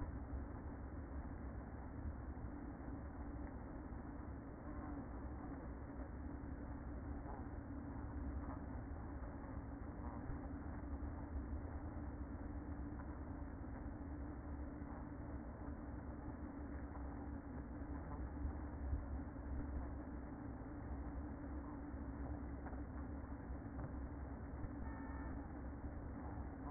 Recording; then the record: honeybee colony, microphone inside the hive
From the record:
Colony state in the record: queen present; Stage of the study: after two queens were removed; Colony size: about 60,000 bees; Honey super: yes